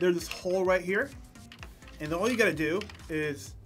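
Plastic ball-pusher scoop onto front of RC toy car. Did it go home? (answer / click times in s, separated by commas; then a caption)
no / none. A plastic ball-pusher scoop is held up to the hole at the front of a Hot Wheels Rocket League RC Rivals toy car, ready to be pushed on and snapped into place. Someone talks over background music, with only faint handling sounds. Nothing has seated or clicked yet.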